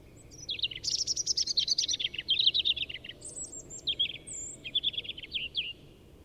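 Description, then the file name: European robin song: high, thin, rapidly varied phrases of twittering notes and trills, two bursts separated by a short pause, over a steady low background hiss. "Erithacus rubecula"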